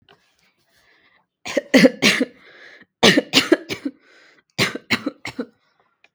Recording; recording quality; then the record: shallow voluntary cough; excellent, no background noise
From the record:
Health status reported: recovered from COVID-19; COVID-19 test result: positive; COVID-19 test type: RT-PCR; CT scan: not taken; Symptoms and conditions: cough, cold, sore throat, fatigue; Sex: female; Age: 26 years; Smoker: no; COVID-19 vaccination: both doses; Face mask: worn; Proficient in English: yes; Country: India